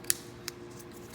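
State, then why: Seated. A crimped metal wire terminal is pushed into a plastic trailer-plug housing on a trailer harness connector and seats with a sharp click at 0.1 s. A second, softer click follows at about 0.5 s, and the clip ends as a broadband sound begins to rise.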